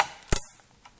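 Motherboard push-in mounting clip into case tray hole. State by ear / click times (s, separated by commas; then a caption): seated / 0.0 s. A plastic push-in motherboard mounting clip is pressed into a hole in the case tray, working diagonally, and snaps home with a sharp click at 0.0 s. Faint small ticks follow, and the clip is seated.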